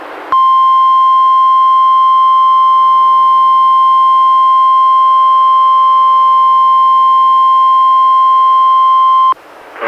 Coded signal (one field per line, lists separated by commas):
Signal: Emergency Alert System (SAME) tones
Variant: 1050 Hz attention tone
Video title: EAS #142-145: 4 NWR Required Weekly Tests- Oct. 26-Nov. 16, 2016